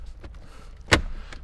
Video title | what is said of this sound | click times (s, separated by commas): 2024+ Land Cruiser Beat-Sonic ENA-3T3 Encore Amplifier Install | There we go. It all snaps back into position. | 0.9 s